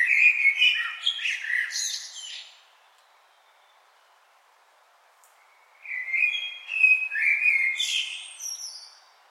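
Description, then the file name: Common blackbird song: two mellow fluted whistled phrases, each ending in higher squeaky twittering, separated by about three seconds of silence. "Turdus merula"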